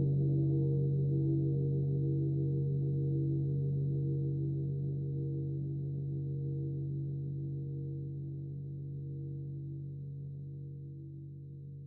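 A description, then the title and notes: A gong's deep, steady hum rings on, its low tones pulsing gently as the sound slowly fades across twelve seconds without a new strike. Meditation Five Celestial Gongs.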